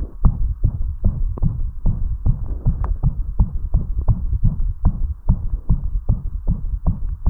Bursts of tachycardia plus murmur.